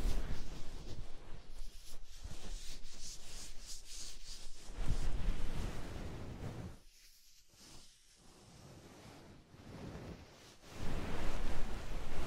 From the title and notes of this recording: ASMR Deep Ear Tingles Soft & Fluffy Triggers (No Talking).